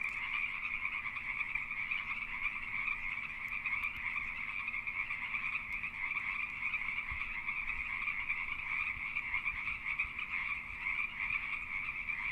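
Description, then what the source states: Pacific treefrogs calling together in a continuous, even chorus of overlapping croaks that never pauses. Several Pacific treefrogs calling during the mating season.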